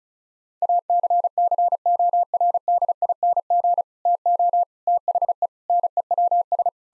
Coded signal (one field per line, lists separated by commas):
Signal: Morse code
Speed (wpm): 36 wpm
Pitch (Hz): 700 Hz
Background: none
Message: ACCORDING TO THE NEWS